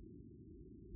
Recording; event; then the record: neck accelerometer signal played as sound; no cough (speech, laughter, throat clearing or background)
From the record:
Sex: male